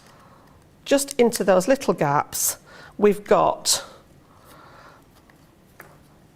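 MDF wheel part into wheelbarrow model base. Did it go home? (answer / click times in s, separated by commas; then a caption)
yes / 5.8 s. Someone talks while pushing the MDF wheel assembly of a small wheelbarrow model into the little gaps under its base piece. After the talking stops, a faint tick comes at about 5.3 s, and a short, sharp click at 5.8 s marks the part clicking into place.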